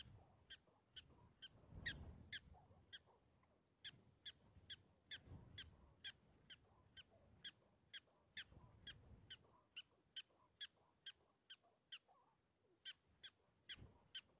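Prairie dog chirps, thin clipped notes repeated roughly twice a second, with bursts of low rumbling noise in the background.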